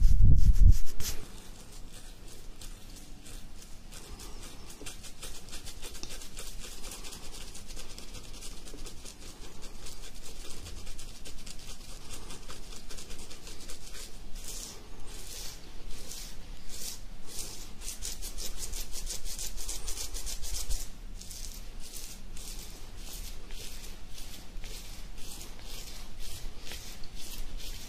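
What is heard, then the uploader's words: Beard scratching: a loud thump opens, then continuous dense rasping strokes, rapid and fairly regular, growing crisper and more distinct after fifteen seconds. ASMR INSANE BEARD SCRATCHING.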